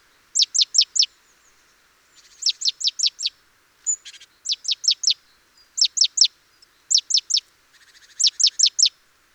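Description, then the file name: Great tit giving rapid clusters of several high, downward-sweeping notes, with a few softer, buzzy notes between. "Parus major"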